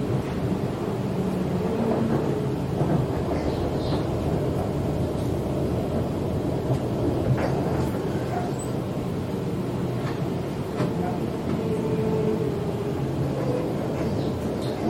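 A ride on a Sydney train heading into the city, with a steady, dense low rumble and rattle of the carriage running throughout at an even level. Faint tonal whines and small clicks surface now and then, around four, eight and ten seconds.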